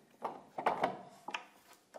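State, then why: Not seated. A wooden flap is handled as it is fitted to a grand piano during final restoration, with a series of short knocks and rubbing sounds, the sharpest at about 0.8 s. Nothing has seated or clicked into place yet.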